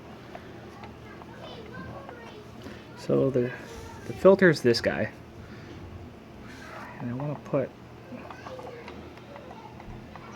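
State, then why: Not seated. The bottom part of a plastic nose guard is lined up over the filter on an arcade light gun barrel while someone talks, with small, soft handling knocks throughout. Nothing has snapped or clicked into place yet.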